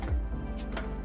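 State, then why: Seated. A car's upper boot lid over the convertible roof compartment is pushed down until its latch catches in the body catch, with a sharp click at 0.8 s. The boot lid latches shut over a steady low hum and background music.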